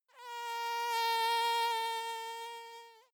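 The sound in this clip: Mosquito buzz, a steady thin whine held for about three seconds, swelling slightly in the middle and fading at the end, with no other sounds.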